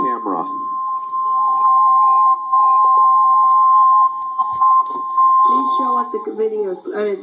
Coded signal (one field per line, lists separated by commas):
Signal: Emergency Alert System (SAME) tones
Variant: 1050 Hz attention tone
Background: speech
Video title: Required Weekly Test (from Fort Worth, TX) (EAS #30)